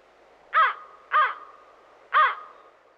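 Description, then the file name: American crow giving three harsh, hoarse caws, the first two close together and the third after a short pause. "Digiffects Sound Effects Library - American Crow Call"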